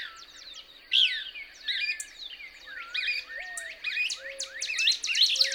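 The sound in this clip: Couch's Kingbird song: scattered high chirps that quicken into a rapid twittering series, plus a low whistle sliding upward and a steady high hum.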